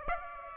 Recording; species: mosquito wingbeat signal from an infrared sensor; Aedes aegypti